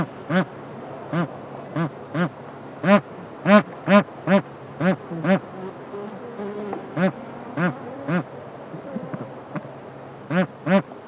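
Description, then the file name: Bar-headed goose giving nasal, honking calls in a rapid series with a pause midway, and a few softer calls between the louder ones. "anser indicus"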